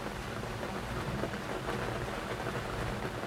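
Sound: light drizzle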